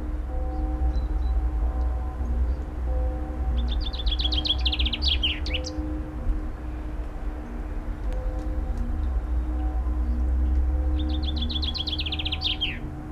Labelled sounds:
Common Chaffinch (Fringilla coelebs) song

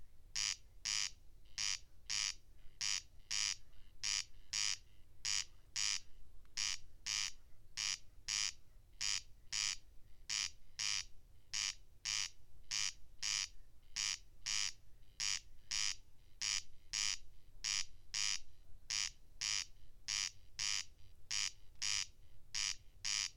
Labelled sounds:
Corn Crake (Crex crex) song

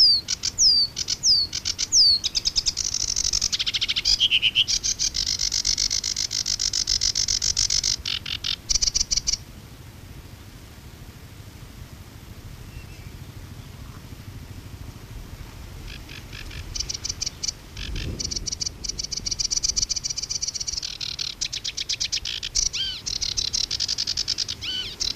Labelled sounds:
Sedge Warbler (Acrocephalus schoenobaenus) song

